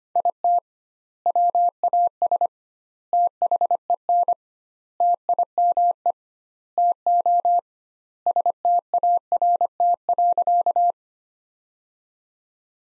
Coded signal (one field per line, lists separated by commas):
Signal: Morse code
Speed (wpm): 25 wpm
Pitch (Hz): 700 Hz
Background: none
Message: IT WAS THEN TIME TO START.